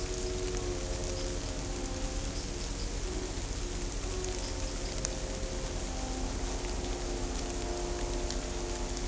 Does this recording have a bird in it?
no